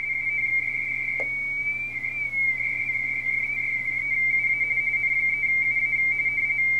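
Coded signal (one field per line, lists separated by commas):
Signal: RTTY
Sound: continuous warbling two-tone teleprinter chatter, rapidly flipping between two close pitches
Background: low hum, radio static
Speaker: Look at all these guys calling. Clearly not the W6.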